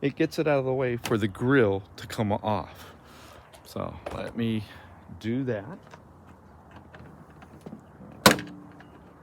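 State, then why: Released. On a 2022 GMC AT4 truck, a trim tool pries out a small plastic trim retainer beside the grill to get it out of the way so the grill can come off, while someone talks. A few faint taps lead to a sharp pop at 8.3 s as the plastic piece is released.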